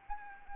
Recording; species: mosquito wingbeat signal from an infrared sensor; Anopheles arabiensis